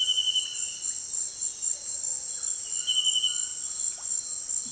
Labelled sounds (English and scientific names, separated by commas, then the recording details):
none
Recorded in dense forest near Puerto Asís, Putumayo, Colombia, on 23 June 2025 at 18:00
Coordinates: 0.484, -76.325
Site H65